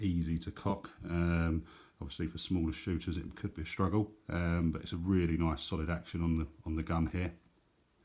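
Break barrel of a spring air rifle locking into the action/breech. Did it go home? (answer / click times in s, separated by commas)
no / none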